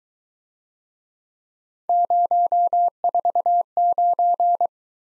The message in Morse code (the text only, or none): 049